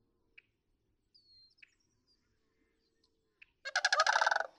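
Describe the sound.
Sandhill crane uttering a single rolling, purring bugle near the end after quiet stretches broken by a few faint clicks and thin notes.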